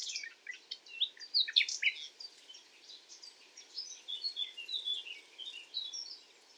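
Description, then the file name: Common nightingale song of varied sharp chirps and whistled notes delivered in quick uneven bursts, over a faint constant hiss. "Luscinia megarhynchos"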